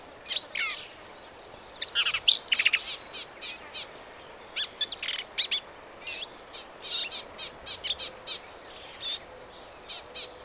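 Black-capped vireo song: quick bursts of varied, harsh and squeaky high notes, chattering phrases with short pauses, over a low steady background hiss.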